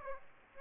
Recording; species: mosquito wingbeat signal from an infrared sensor; Aedes aegypti